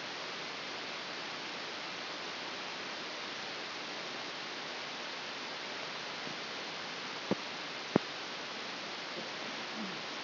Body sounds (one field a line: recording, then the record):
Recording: brain microelectrode recording played as sound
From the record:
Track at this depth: inside the subthalamic nucleus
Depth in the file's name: 3.524 mm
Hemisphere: left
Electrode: 2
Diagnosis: Parkinson's disease